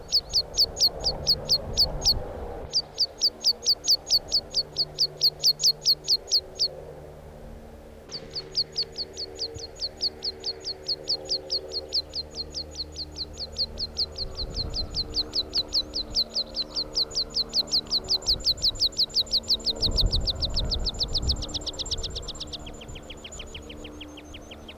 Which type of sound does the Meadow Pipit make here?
song